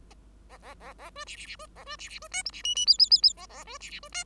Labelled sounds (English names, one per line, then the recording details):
Bengalese Finch song
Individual Bird5